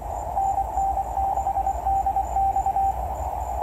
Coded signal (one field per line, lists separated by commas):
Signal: Morse code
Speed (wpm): 24 wpm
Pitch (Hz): 780 Hz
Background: none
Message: NN6DX